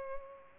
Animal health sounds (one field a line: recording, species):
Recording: mosquito wingbeat signal from an infrared sensor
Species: Culex pipiens